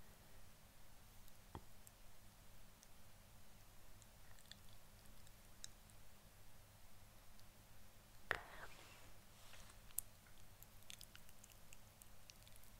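Light tapping and soft mouth sounds over a steady low hum. Small clicks and pats come irregularly, with sharper taps near 1.5 and 8.3 seconds and a faint bright tick around 10 seconds. Quiet, sparse and unhurried throughout.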